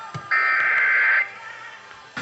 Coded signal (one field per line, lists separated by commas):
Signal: Emergency Alert System (SAME) tones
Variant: header bursts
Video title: Tracking Storms... | EAS #2405-2435 (Severe Weather Alerts from 4/5/2022)